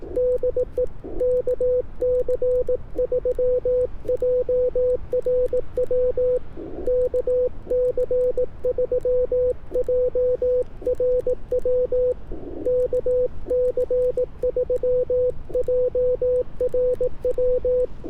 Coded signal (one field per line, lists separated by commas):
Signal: Morse code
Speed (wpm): 18 wpm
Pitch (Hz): 500 Hz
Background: none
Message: DE KC3JRW KC3JRW KC3JRW